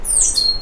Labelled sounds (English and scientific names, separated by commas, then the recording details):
Stitchbird (Notiomystis cincta) song
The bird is a male
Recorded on Tiritiri Matangi Island, New Zealand, in 2005
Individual 12, of nest box 16